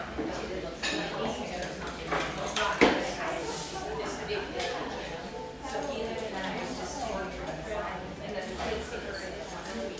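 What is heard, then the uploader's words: A humming café with overlapping voices talking steadily throughout, a sharp clink near three seconds, and occasional light clatter in the background. Enjoy a sleepy start in this humming café, settled near the beach just north of San Diego.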